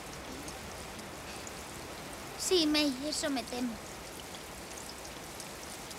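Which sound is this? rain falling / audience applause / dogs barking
rain falling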